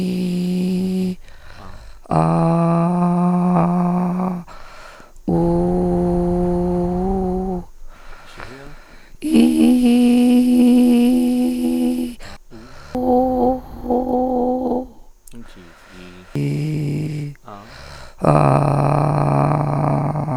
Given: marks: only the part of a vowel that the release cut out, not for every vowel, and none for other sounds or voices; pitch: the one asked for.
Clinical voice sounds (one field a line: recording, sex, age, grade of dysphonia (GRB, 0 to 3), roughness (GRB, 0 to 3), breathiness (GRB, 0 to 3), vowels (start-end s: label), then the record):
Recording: sustained vowels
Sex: female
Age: 30 to 39 years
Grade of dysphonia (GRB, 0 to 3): 2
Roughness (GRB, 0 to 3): 2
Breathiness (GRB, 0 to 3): 1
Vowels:
0.00-0.67 s: vowel /i/, normal pitch
2.22-2.82 s: vowel /a/, normal pitch
5.44-6.86 s: vowel /u/, normal pitch
13.94-14.71 s: vowel /u/, high pitch
16.40-17.14 s: vowel /i/, low pitch
18.62-20.03 s: vowel /a/, low pitch
From the record:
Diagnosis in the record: Reinke's edema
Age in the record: 34 years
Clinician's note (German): Zustand nach Abtragung, beidseitig vor etwa 14 Tagen, noch schwere Dysphonie